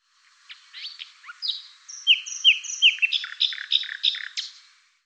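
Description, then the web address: Bird song with varied chirps, then a run of bright down-slurred whistles repeated quickly, followed by jumbled notes before fading out; no other sounds. "cianscape birddata Deverinetal 2025"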